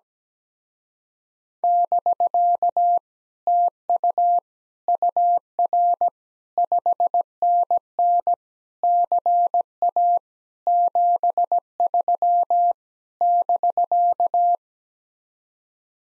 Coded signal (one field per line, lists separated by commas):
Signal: Morse code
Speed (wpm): 17 wpm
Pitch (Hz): 700 Hz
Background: none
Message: <BK> TU UR 5NN CA 73 <BK>